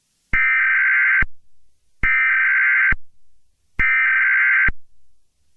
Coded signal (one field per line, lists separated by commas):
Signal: Emergency Alert System (SAME) tones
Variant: header bursts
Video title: Mickey Error XII: The Return of Mickey Error: The Worst in History! -EAS Scenario (#57)